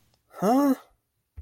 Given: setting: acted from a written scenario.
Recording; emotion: vocal sound without words; confusion